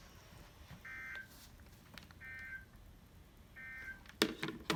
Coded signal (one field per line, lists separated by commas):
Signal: Emergency Alert System (SAME) tones